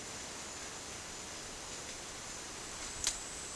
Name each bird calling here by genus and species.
none